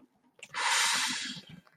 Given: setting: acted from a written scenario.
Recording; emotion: vocal sound without words; serenity